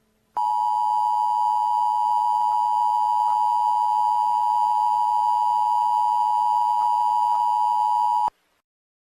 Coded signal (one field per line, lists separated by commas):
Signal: Emergency Alert System (SAME) tones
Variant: 853 and 960 Hz attention tone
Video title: Nuclear Attack - An EAS Scenario